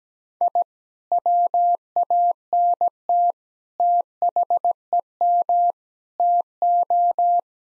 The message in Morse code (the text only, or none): I WANT THEM TO